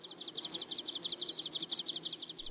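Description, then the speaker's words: Water Pipit song: a high, monotonous run of the same downslurred syllable repeated rapidly, about nine times a second, without pause. Played recording of the mating song, more monotonous than a skylark's, the same syllables repeated many times; sung high overhead. "To fragment głosu siwerniaka z płyty Jaki to ptak, wydanej przez Leśne Studio Filmowe."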